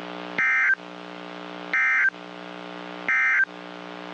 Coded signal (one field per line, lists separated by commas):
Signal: Emergency Alert System (SAME) tones